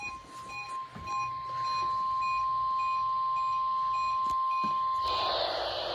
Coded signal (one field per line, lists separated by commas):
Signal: Emergency Alert System (SAME) tones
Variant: 1050 Hz attention tone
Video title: FINALLY SOME ALERTS!!! DOUBLE TROUBLE TIME!!!: EAS#11 Required Weekly Test on KEC65 and WNG676